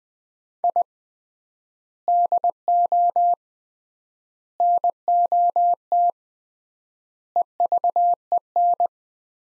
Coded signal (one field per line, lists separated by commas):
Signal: Morse code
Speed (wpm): 21 wpm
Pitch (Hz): 700 Hz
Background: none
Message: I DO NOT EVEN